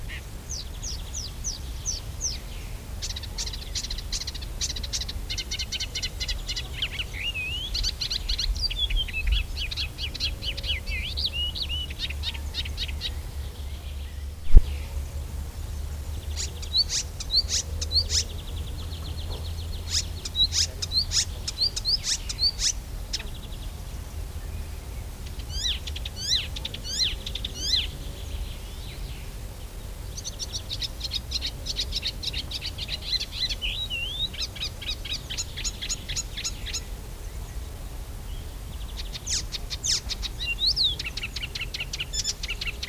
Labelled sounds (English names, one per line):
Icterine Warbler song